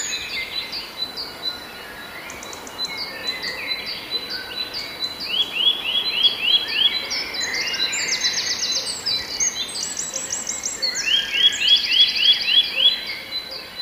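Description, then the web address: Eurasian nuthatch giving two slow trills of rising whistled notes, one near the middle and one late, among a dense chorus of other birdsong and faint hiss. "kowalik kowalikwolnetryle"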